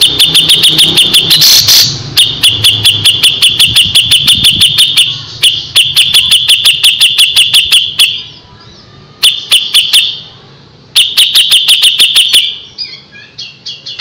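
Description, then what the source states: Grey-cheeked bulbul song: nearly unbroken chatter of fast, sharp, high notes, pausing briefly a few times before resuming. Masteran song used to train other birds.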